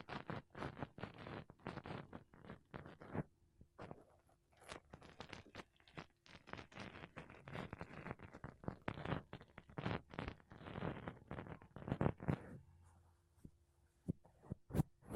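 Makeup brushes and a sponge rub across a mic in quick, dense scratchy strokes, with brief pauses near four and thirteen seconds.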